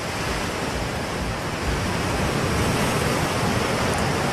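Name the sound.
sea waves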